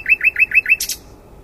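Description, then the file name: Common nightingale song: five quick rising chirps in a row, ending in a short harsh buzz. "Luscinia megarhynchos"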